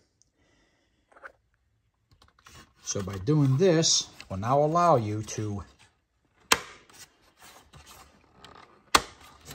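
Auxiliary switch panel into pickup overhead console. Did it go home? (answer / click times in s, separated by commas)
yes / 6.5 s, 9.0 s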